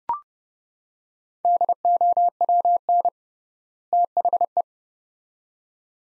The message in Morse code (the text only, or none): DOWN THE